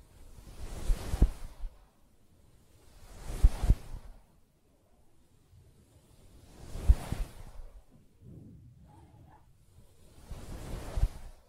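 Fingers scratch and tap on a soft fabric surface in four separate bursts, about every three seconds. Each is a hissy, rustling swell of a second or so with a few sharp taps inside. Quiet gaps fall between them, with a softer, lower scraping around nine seconds.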